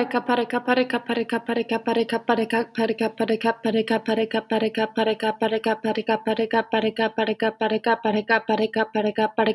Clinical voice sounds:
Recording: repeated syllables /pa ta ka/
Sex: female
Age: 20 to 29 years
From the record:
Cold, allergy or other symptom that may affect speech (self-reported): no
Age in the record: 24 years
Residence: Indiana, United States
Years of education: 18

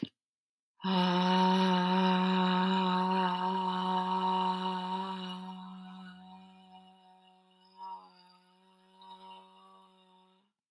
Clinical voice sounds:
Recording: vowel held as long as possible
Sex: female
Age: 40 to 49 years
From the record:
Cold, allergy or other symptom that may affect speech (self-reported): no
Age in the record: 41 years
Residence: Wisconsin, United States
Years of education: 17

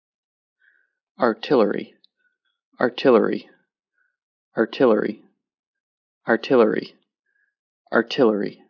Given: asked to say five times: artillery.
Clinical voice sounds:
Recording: repeated word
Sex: male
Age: 20 to 29 years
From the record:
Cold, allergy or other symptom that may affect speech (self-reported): no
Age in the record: 29 years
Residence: Virginia, United States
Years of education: 18

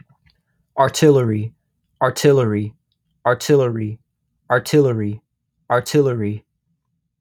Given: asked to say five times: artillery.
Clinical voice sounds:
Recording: repeated word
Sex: male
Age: 18 to 19 years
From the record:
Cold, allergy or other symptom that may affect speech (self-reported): no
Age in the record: 19 years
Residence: Illinois, United States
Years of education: 13

